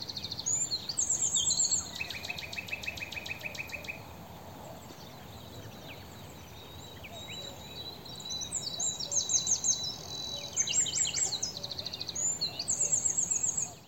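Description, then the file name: Eurasian wren song, loud rapid high trills and buzzy rattles in two long bursts separated by a quieter stretch, with steady background hiss. "Troglodytes troglodytes"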